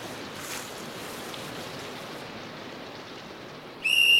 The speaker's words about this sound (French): Et puis c'est le bruit strident des sifflets. L'assaut.